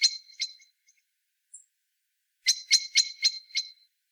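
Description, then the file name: Common blackbird giving two loud chak notes, a pause with a faint high tick, then a quick run of five harsh notes. "Turdus merula"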